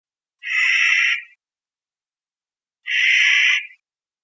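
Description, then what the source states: Clark's nutcracker, two rasping, grating calls of nearly a second each, separated by silence. Recorded 5 July 2002.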